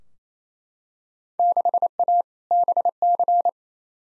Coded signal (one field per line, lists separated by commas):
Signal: Morse code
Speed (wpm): 28 wpm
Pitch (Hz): 700 Hz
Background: none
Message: 6A BC